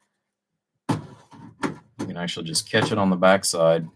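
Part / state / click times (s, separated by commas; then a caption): electrical module onto DIN rail / not seated / none. A spring-loaded electrical module is caught on the back side of a DIN rail and lined up before being pushed home, while someone talks. Soft handling knocks come in from about 0.9 s, including a sharp tap at 1.6 s. Nothing has seated or clicked yet.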